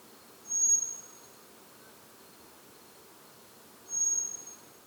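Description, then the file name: Eurasian blackbird giving thin, high, drawn-out whistled 'seee' calls, two steady notes about three and a half seconds apart over a faint hiss. "Turdus merula"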